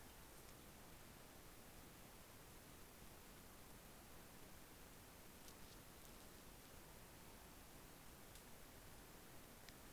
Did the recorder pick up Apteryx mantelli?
no